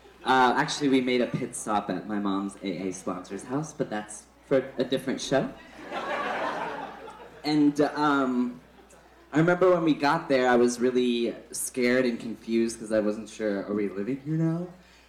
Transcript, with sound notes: Actually, we made a pit stop at my mom's AA sponsor's house, but that's for a different show.
(LAUGHTER)
And I remember when we got there, I was really scared and confused 'cause I wasn't sure, are we living here now?